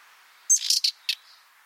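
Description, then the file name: Common nightingale call: a sharp high whistle running into a few harsh, buzzy rattling notes. "Luscinia megarhynchos"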